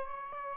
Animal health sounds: mosquito wingbeat signal from an infrared sensor; Aedes albopictus

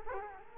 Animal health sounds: mosquito wingbeat signal from an infrared sensor; Culex quinquefasciatus

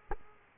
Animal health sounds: mosquito wingbeat signal from an infrared sensor; Aedes aegypti

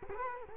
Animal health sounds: mosquito wingbeat signal from an infrared sensor; Culex quinquefasciatus

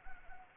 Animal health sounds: mosquito wingbeat signal from an infrared sensor; Anopheles arabiensis

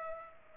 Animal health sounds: mosquito wingbeat signal from an infrared sensor; Culex pipiens

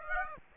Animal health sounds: mosquito wingbeat signal from an infrared sensor; Aedes aegypti

